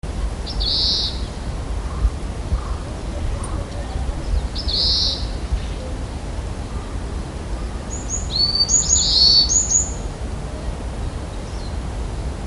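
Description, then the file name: Oriental greenfinch calls: two short buzzy notes about four seconds apart, then a quick cluster of bright twittering notes near the end, over steady low rumbling background noise. "kawarahiwa"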